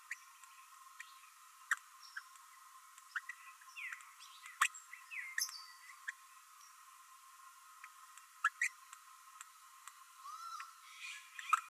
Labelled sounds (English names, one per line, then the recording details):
Green-rumped Parrotlet babbling
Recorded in a nest box in Venezuela
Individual 18B12A3